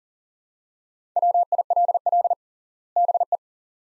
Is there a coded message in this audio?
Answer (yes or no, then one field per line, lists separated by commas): yes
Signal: Morse code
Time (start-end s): 1.2-3.4 s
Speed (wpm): 40 wpm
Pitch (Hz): 700 Hz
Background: none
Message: WILL BE